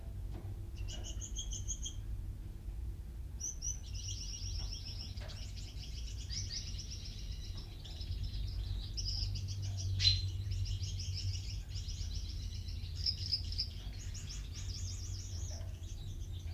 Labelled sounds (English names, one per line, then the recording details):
Common Chaffinch
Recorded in captivity
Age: adult
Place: Minden (Westfalen), Nordrhein-Westfalen, DE
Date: 1970
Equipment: Uher 4000 Report-S, Bändchenmikro Beyer M 260, Parabolspiegel Polyester (470 mm)
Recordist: Conrads, Klaus